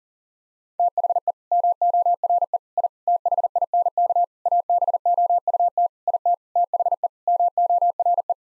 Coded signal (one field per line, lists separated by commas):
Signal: Morse code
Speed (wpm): 40 wpm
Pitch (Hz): 700 Hz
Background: none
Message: THE MORE I THINK ABOUT IT THE MORE